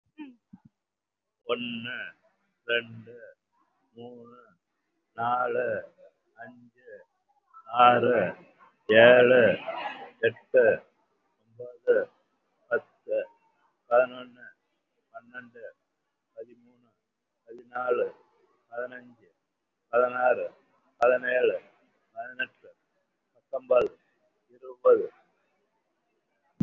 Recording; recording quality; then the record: counting at a normal pace; excellent, no background noise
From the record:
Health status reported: COVID-19 positive, mild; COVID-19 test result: positive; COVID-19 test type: RT-PCR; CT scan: not taken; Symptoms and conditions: fever, fatigue, muscle pain, pneumonia, diabetes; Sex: male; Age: 75 years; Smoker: no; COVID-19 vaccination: none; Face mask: not worn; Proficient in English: yes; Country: India